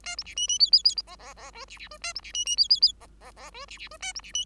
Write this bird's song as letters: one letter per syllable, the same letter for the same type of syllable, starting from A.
A B C D D E E E F F F G C C G A B C D D E E E F F F G C C G A B C D